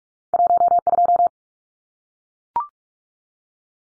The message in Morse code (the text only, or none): 12